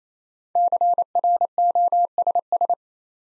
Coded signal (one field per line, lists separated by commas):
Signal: Morse code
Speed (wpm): 28 wpm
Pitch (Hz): 700 Hz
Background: none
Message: CROSS